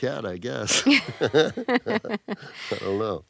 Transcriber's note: laughter